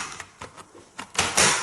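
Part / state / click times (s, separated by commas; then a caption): roller cover onto floor cleaner head / seated / 1.0 s, 1.2 s. The plastic roller cover of a Kärcher FCV 3 cordless floor cleaner head is put back on, with light plastic knocks at about 0.2 and 0.4 s. It snaps shut with clicks at 1.0 and 1.2 s, seating and latching the cover, followed by a louder, longer rattle around 1.4 s.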